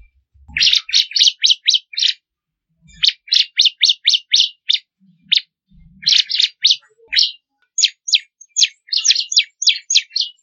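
Bar-winged prinia song: fast runs of high, sharp repeated notes, like trills, in several bursts. Faint low thumps can be heard in the background.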